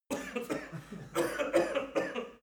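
An adult man gives a quick series of about five or six harsh, fairly dry coughs in two short bouts, with brief pauses between them. It is an acted cough.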